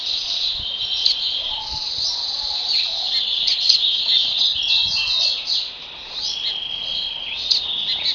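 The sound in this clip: Double-collared seedeater singing a long, dense twittering phrase of high whistles and trills, briefly pausing near the six-second mark.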